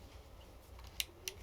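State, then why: Seated. A home-built CFexpress Type B memory card, an M.2 SSD in an adapter shell, is pushed into the card slot of a Blackmagic Pyxis cinema camera. Faint scraping at about 0.8 s leads to a sharp latch click at 1.0 s, followed by a second, smaller click at 1.3 s. The card seats in the slot, and the camera recognizes it once powered on.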